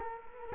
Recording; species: mosquito wingbeat signal from an infrared sensor; Culex quinquefasciatus